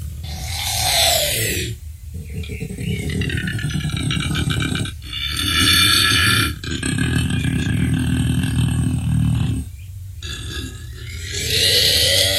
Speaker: a cute little tiny little koala bear making all that horrendous noise.